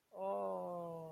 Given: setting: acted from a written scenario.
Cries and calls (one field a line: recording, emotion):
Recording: vocal sound without words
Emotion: adoration